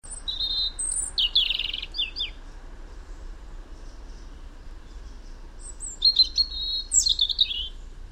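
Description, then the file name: European robin song: a thin high whistle, then a tumbling warbled phrase, and after a pause of several seconds a second sweet, jangling phrase; steady low hiss beneath. "Erithacus rubecula"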